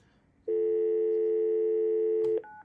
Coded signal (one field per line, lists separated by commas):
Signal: telephone call progress tone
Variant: North America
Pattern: dial tone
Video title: Regular Phones vs Hotel Phones